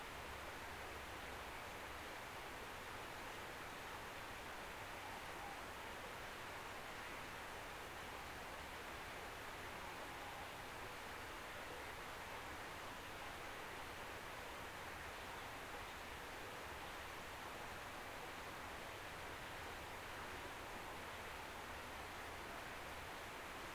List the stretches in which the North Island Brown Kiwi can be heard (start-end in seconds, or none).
none